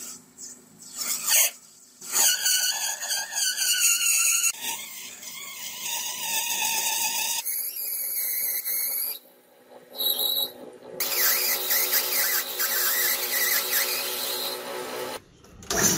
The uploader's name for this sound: Forging POSEIDON'S TRIDENT Out of Rusty Hook